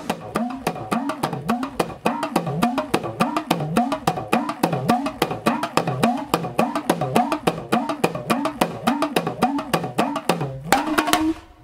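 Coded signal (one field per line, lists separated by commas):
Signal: talking drum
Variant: Senegalese griot talking drum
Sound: rapid sharp drum strokes with a low pitch rising and falling in repeating phrases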